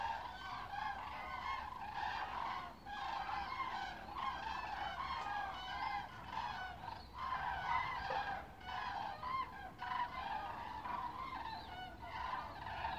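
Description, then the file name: Common cranes calling in a flock, overlapping loud trumpeting and bugling notes throughout. Recorded 24 October 2015. "Kraniche 151024"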